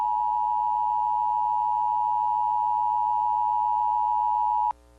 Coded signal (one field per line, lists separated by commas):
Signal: Emergency Alert System (SAME) tones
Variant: 853 and 960 Hz attention tone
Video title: [MIRROR] 7/23/2010 EAS Severe Thunderstorm Warning Clearfield,PA (EAS #1)